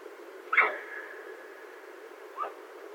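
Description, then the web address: Elk giving a short squealing call, followed about two seconds later by a second, shorter and softer squeal, over steady background hiss. Recorded 25 July 2012. "Elk 2012 07 25"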